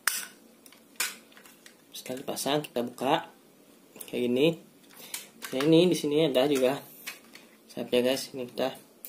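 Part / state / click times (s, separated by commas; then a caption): side wing piece into its mount on the frame / not seated / none. A side wing piece is handled near its mount on the frame while someone talks, with several sharp handling knocks and taps, the loudest at the very start. It must be fitted until it clicks, but nothing has seated or clicked yet.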